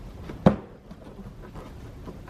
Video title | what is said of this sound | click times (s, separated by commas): 2006-2013 Mercedes-Benz S-Class W221 S550 V8 Front Bumper Removal Guide | and it all locks into place then you just go ahead and put the screw back in right here | 0.5 s